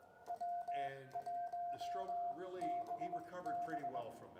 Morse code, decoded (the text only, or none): W1BB